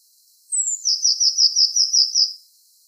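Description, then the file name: Eurasian blue tit: one thin, high note slurring downward, then a quick series of several buzzy, repeated notes. "Cyanistes caeruleus"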